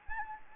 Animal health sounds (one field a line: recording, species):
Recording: mosquito wingbeat signal from an infrared sensor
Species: Anopheles gambiae